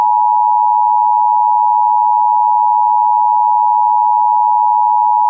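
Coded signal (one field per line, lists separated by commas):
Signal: Emergency Alert System (SAME) tones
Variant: 853 and 960 Hz attention tone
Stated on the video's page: Mock EAS scenario, not a real alert.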